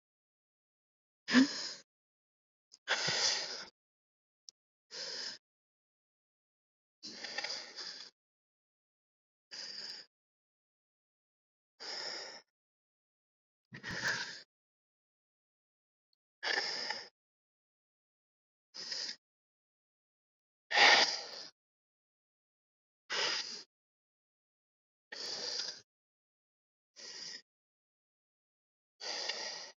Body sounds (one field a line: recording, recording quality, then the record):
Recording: deep breathing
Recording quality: excellent, no background noise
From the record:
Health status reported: exposed to COVID-19, no respiratory illness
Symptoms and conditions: cough, sore throat, fatigue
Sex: male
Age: 25 years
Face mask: not worn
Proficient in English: yes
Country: India